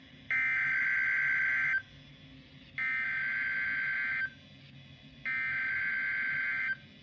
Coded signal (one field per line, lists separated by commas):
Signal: Emergency Alert System (SAME) tones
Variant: header bursts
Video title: Tornado Watch For Portions Of MS (EAS #2) (MY COUNTY)